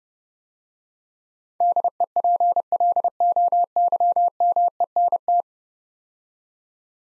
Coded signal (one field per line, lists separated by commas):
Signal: Morse code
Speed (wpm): 32 wpm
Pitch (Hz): 700 Hz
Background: none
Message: DEPLOYMENT